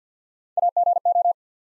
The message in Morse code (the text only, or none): A G O